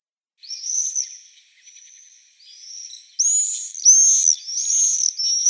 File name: Apus apus